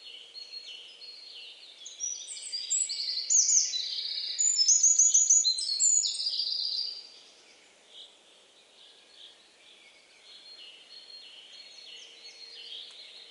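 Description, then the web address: Bird chirping, a dense run of high, quick downslurred notes and short trills from about two to seven seconds, then fainter scattered chirps to the end. "Deverinetal 2025 File origin Bird Only"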